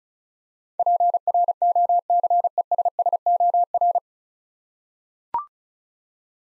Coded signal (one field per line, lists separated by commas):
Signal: Morse code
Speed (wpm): 36 wpm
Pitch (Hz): 700 Hz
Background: none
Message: PROCESSOR